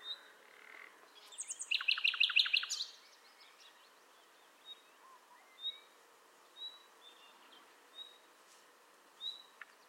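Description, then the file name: Common nightingale song phrase: a short loud burst of rapid repeated clicking notes, followed by faint thin whistles spaced about a second apart. "Luscinia megarhynchos"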